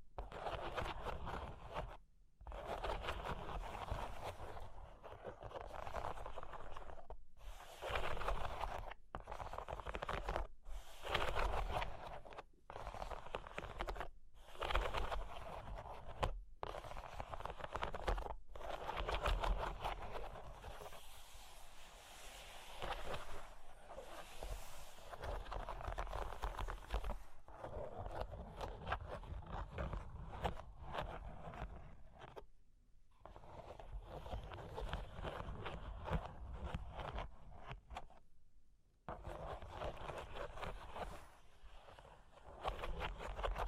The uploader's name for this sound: Cork and Wood Tapping, Scratching, Tracing